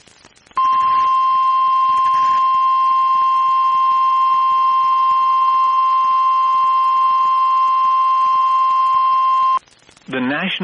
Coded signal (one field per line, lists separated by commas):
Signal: Emergency Alert System (SAME) tones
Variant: 1050 Hz attention tone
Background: speech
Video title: EAS #1,716-1,717 (DOUBLE-HEADER) Online NOAA Weather Radio TOR #4/SVR #4 1/5/25